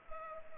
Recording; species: mosquito wingbeat signal from an infrared sensor; Culex pipiens